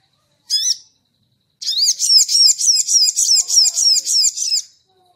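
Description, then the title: Crimson sunbird singing, a single high chip followed after a second by a rapid, even string of squeaky twittering notes lasting about three seconds. Training recording (masteran) for cage birds; "labaik" song variant. "Masteran Burung Sogok Ontong Labaik"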